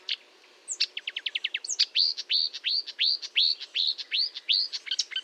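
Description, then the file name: Marsh warbler song: a quick series of clicky notes, then loud repeated whistled upslurs about three per second, bright and ringing. Recorded at Fontaine-Française, Fourneau, on 1 June 2022 at 10:55, using Nagra and Telinga equipment. "Rousserolle verderolle 20220601 1055 Fontaine-Francaise-Fourneau-Nagra-Telinga"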